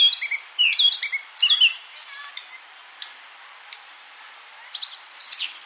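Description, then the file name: Eurasian blackcap song: a phrase of clear, slurred whistled notes at the start, then sparse ticks and a short chirpy burst near the end. "Sylvia atricapilla"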